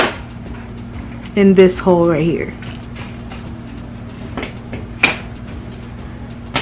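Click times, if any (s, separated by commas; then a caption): 5.0 s. A plastic shimmer wall backdrop panel's connector is pushed into the hole of the adjoining panel while someone talks. After a few small knocks, one sharp, loud snap at 5.0 s shows it has seated in place.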